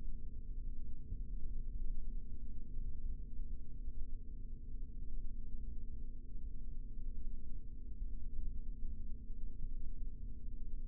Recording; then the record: forearm muscle sounds (acoustic myography)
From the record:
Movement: rest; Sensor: system 3, bracelet of six PUI Audio POM-2738L microphones around the upper forearm, with dedicated amplification and filtering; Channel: 3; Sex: male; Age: 26 years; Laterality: right